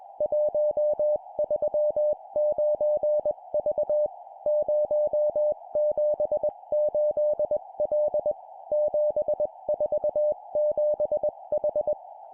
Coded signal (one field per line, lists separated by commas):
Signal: Morse code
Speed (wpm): 21 wpm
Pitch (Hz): 600 Hz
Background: music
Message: 139V 078L 747H